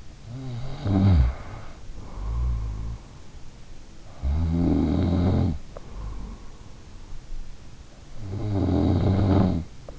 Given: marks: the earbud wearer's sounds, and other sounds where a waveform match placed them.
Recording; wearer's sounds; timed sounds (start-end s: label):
sounds in sleep by an in-ear microphone; snoring breath
0.00-3.54 s: snoring breath
3.76-6.22 s: snoring breath
7.71-9.99 s: snoring breath